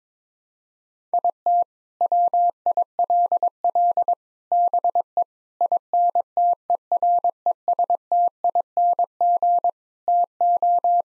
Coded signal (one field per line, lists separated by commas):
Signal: Morse code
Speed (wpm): 22 wpm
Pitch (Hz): 700 Hz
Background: none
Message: IT WILL BE INTERESTING TO